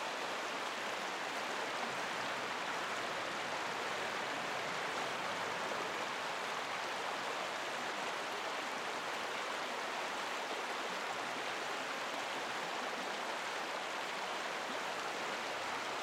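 A rushing stream pours along in a steady, dense wash of water noise that never lets up across the whole sixteen seconds. The sound is full, bright and hissy on top with a soft low churn underneath, and level throughout.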